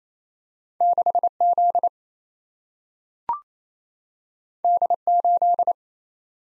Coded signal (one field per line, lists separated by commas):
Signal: Morse code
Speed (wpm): 28 wpm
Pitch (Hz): 700 Hz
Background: none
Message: 6Z D8